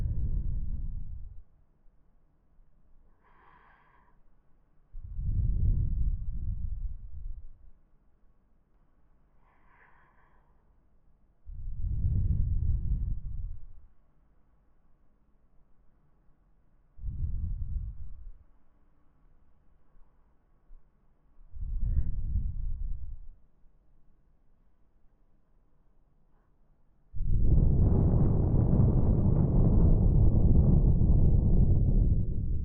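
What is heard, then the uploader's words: Soft breaths blown toward the ear come in slow bursts about every five or six seconds, each a low, airy whoosh that swells and fades. Faint higher puffs fall between a few of them. Near the end a longer, louder, brighter blowing sound holds steady. ASMR×KU100 | 吹耳．吐息．呼吸聲 | Ear Blowing & Breathing | 近めの吐息耳ふー.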